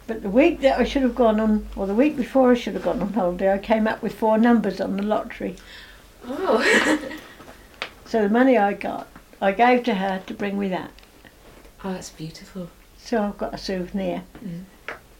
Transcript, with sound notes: But the week that I should've gone, or the week before I should've gone on holiday, I came up with four numbers on the lottery.
Oh! [laughs]
So the money I got, I gave to her to bring me that.
Aw, that's beautiful.
So I've got a souvenir--
Mhm.